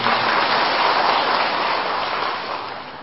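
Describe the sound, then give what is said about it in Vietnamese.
A crowd claps steadily during a Buddhist dharma talk, a dense wash of many hands with no distinct individual claps, loud throughout and tapering slightly at the end. No one speaks. “Thôi cho một tràng pháo tay.”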